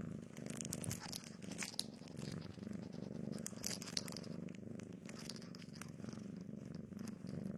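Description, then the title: Cat purring, a steady low rumbling throb with crackling and soft tearing clicks scattered over it. Domestic cat heard eating, sleeping and playing. "正经的猫片：猫咪进食、睡觉、玩耍的声音"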